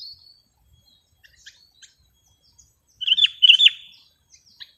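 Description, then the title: Sooty-headed bulbul song: a short, bubbly burst of rich, slurred whistled notes near the end, preceded by faint scattered chirps and a thin high whistle at the start. "kutilang"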